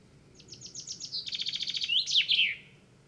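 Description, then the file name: Common chaffinch song: a fast run of descending notes speeding into a rattling trill, ending in a bright, slurred flourish. "Fringilla coelebs"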